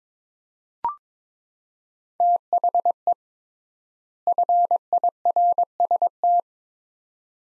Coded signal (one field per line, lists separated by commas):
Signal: Morse code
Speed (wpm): 22 wpm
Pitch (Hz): 700 Hz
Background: none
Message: THE FIRST